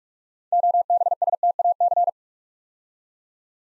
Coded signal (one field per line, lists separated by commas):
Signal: Morse code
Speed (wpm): 44 wpm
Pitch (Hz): 700 Hz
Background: none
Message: OBSTAC